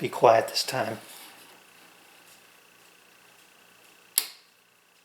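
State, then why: Seated. Someone talks briefly, then after a quiet pause the spring-loaded detent knob on the adjustment stop of a handheld Domino joinery machine (metal and plastic) snaps out with one sharp click at 4.2 s. The stop seats in position at its 4-inch registration.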